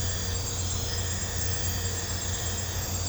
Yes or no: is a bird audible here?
no